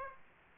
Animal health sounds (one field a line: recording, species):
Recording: mosquito wingbeat signal from an infrared sensor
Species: Aedes aegypti